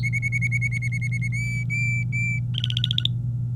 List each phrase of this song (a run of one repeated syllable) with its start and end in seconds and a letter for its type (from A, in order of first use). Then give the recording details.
0.04-1.28 A, 1.32-2.39 B, 2.54-3.10 C. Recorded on 23 April 2018 at 14:18. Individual llb3